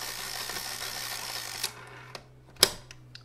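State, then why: Seated. Film is advanced by hand in the 120 film back of a Mamiya 645 Pro whose counter return spring has been loosened, with steady mechanical whirring for about the first 1.6 seconds and small ticks around 1.6 and 2.2 seconds. The advance stops at the next frame with a sharp metallic click at 2.6 seconds, a faint tick following at 2.9 seconds, and the film advance stop clicks into place.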